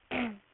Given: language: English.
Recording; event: throat vibration sensor signal played as sound; throat clearing